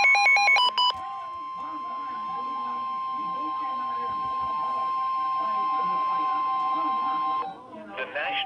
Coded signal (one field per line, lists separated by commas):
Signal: Emergency Alert System (SAME) tones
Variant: 1050 Hz attention tone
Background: speech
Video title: (EAS #80) severe thunderstorm warning. 8/14/24. ￼